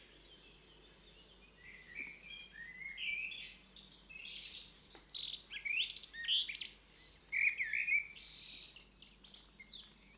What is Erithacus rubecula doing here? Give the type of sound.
call